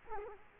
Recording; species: mosquito wingbeat signal from an infrared sensor; Culex quinquefasciatus